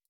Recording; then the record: hydrophone in a shrimp aquaculture tank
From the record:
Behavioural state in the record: stressed